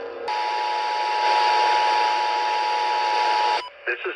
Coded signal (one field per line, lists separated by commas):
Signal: Emergency Alert System (SAME) tones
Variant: 853 and 960 Hz attention tone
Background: speech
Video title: EAS- Los Angeles County Required Monthly Test Captures on KSPC, KUSC, KRTH, and KCRD (1/30/24)